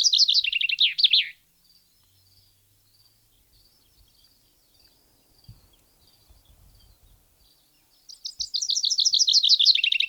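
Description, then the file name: Common chaffinch song: a fast, bright trill of notes, then a long quiet gap with faint high notes, then another trill running to the end. "Fringilla coelebs"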